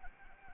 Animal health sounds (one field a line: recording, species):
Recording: mosquito wingbeat signal from an infrared sensor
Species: Anopheles arabiensis